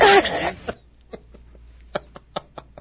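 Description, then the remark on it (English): A single loud, sudden sneeze by Lou Holtz bursts out with a squeaky, whining edge that slides downward, then cuts off. Only a few faint, brief clicks follow in near silence. “Somebody says that the Lou Holtz sneeze sounds like a clown putting the finishing move on a balloon animal.”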